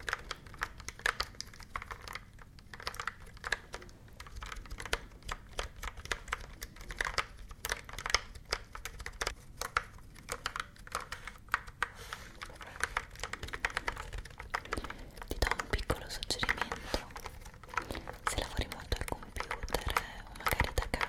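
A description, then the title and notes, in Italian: Dense keyboard typing with rapid irregular clicks and clacks throughout, slightly heavier and brighter near the end, with faint low murmuring beneath. Suoni di tastiere e joystick. Il suono di 3 tastiere (una sono sicura ti sorprenderà!) e di un joystick.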